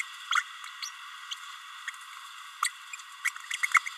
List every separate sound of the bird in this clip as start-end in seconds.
0.35-0.43, 0.82-0.90, 1.87-1.91, 2.62-2.69, 3.24-3.31, 3.63-3.67, 3.74-3.79